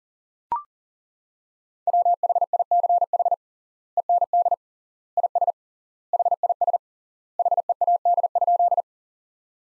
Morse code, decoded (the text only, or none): WHICH END IS HIS HEAD?